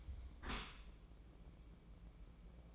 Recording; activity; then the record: daily activity, microphone in the room; close dishwasher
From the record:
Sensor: 1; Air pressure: 1012.4 hPa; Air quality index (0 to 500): 171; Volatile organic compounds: 3 ppm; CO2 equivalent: 1396 ppm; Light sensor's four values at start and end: 352/789/355/388 and 351/786/353/386